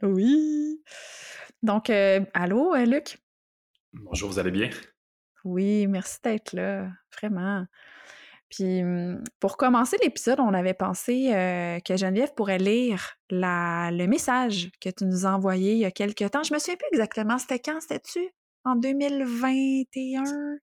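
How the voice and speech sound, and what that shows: An adult woman speaks Quebec French in a warm, conversational tone, with natural pauses and smooth, clear voicing in a small room. Her speech is fluent, with no blocks, repetitions or voice strain.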